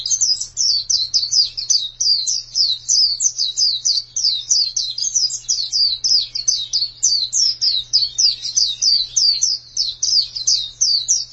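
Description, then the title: White-eye singing a rapid, unbroken stream of high, thin chirping notes, bright and jittery, over a faint steady low hum. "Kicauan Burung Pleci"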